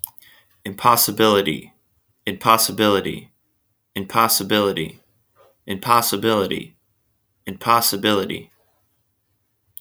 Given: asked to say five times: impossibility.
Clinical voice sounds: repeated word; male; 30 to 39 years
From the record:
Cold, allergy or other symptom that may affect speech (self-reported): no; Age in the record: 32 years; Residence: Oregon, United States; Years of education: 16

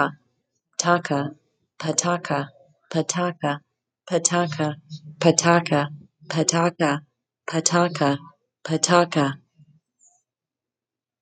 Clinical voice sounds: repeated syllables /pa ta ka/; female; 20 to 29 years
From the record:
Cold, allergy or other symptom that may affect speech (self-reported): no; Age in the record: 29 years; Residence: Indiana, United States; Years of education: 14

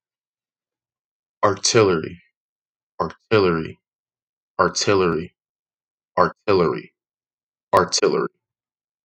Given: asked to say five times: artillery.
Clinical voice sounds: repeated word; male; 20 to 29 years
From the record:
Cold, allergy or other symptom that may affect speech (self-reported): no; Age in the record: 21 years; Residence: Kansas, United States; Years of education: 14

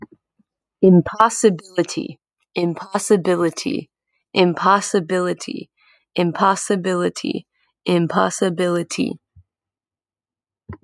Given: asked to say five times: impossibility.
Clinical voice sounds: repeated word; female; 20 to 29 years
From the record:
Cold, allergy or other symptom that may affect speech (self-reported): no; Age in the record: 22 years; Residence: Maryland, United States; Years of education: 16

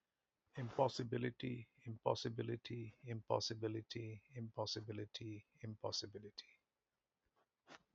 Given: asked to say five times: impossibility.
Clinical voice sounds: repeated word; male; 40 to 49 years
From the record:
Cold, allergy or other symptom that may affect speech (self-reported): no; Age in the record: 44 years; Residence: Maryland, United States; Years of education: 16

